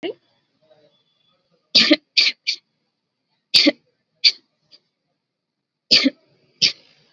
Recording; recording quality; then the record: heavy voluntary cough; excellent, no background noise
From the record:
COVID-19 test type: RT-PCR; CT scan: not taken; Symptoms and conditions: none ticked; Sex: female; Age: 27 years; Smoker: no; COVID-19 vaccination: both doses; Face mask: worn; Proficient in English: yes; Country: India